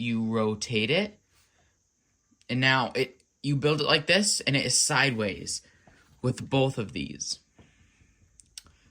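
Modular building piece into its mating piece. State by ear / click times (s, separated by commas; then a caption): seated / 8.4 s, 8.6 s. Someone talks while a modular building piece is rotated and fitted sideways into its mating piece. Sharp clicks follow at 8.4 and 8.6 seconds as the modular pieces snap into place, seated.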